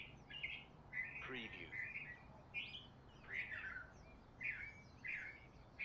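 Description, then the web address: Bird calls: scratchy chirps and chattering notes in quick succession. Recorded in Honolulu in the morning. "lynne-publishing Honolulu Morning Bird"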